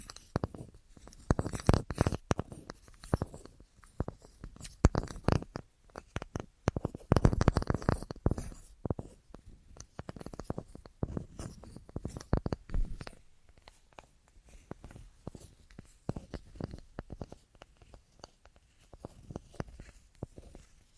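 An assortment of tapping: quick, uneven clusters of sharp taps, dense and loud in the first half, then lighter and sparser after thirteen seconds.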